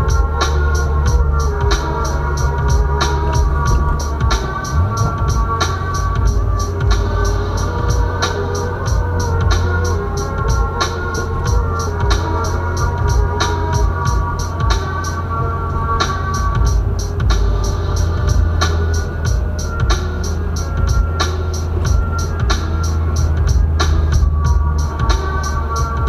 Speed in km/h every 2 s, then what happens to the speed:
58, 58, 56, 57, 56, 55, 55, 55, 55, 52, 52, 50, 48.
0-16 steady at about 56. 16-26 slows to 48.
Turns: none.